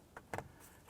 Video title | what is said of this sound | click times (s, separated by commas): How to Replace Headlight Switch 1993-1997 Ford Ranger | and it does lines up and locks into place let's go ahead and install | 0.3 s